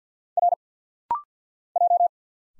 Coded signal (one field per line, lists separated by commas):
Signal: Morse code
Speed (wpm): 51 wpm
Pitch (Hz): 700 Hz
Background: none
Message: R J